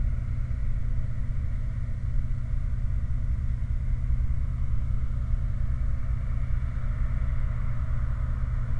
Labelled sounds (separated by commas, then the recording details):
truck, machinery
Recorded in the Prudhoe Bay oil fields, Alaska, on 29 July 2019 at 04:56
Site 29